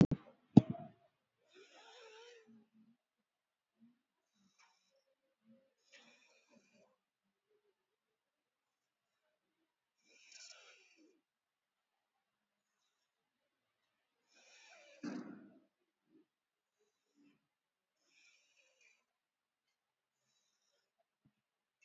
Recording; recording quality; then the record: deep breathing; excellent, no background noise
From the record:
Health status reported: COVID-19 positive, mild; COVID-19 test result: positive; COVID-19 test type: RT-PCR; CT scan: not taken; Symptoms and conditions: cough, cold, sore throat, muscle pain, loss of smell and taste, hypertension, ischaemic heart disease, another condition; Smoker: no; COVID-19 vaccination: both doses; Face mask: worn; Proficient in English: yes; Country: India